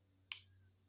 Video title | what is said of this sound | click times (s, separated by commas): All Case Stockmans - Sowbelly #39 pattern - 6339 Part 3 | They're very soft. Now listen to this click. | 0.3 s